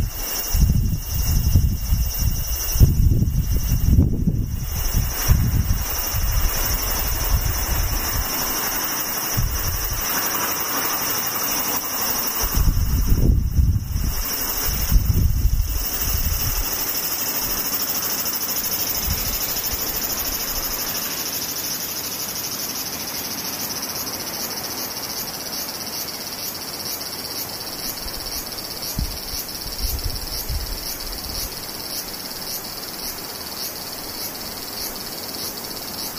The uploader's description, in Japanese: セミ風音